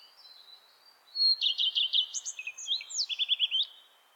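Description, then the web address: Bird song: a quick series of high, buzzy chirps and short trills with sliding whistled notes, lasting about two and a half seconds against a quiet background. "bird voice"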